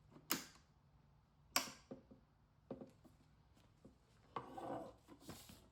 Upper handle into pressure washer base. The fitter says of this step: And make sure it clicks into position.